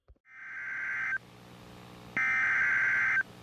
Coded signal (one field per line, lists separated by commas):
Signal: Emergency Alert System (SAME) tones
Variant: header bursts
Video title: PURE CHAOS 6!! | EAS Alerts from 7/9/26